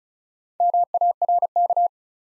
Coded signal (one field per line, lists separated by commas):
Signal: Morse code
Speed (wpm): 36 wpm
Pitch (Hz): 700 Hz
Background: none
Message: MARK